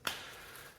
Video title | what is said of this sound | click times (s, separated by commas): Review Gyfent Drywall Sander, 880W 7.3-Amp Popcorn Ceiling Removal Tool with 1100-2100RPM 5 Variable | It has clicking tactile noises as you pop it off, just like this. | 0.1 s